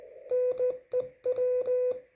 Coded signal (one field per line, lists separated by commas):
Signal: Morse code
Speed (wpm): 16 wpm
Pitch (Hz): 500 Hz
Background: none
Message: NEW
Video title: CW (MORSE CODE) SLOW SPEED QSO QRP 2021.10.26 17:51Z USA